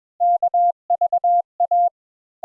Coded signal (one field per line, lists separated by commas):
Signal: Morse code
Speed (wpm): 21 wpm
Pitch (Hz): 700 Hz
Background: none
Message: KVA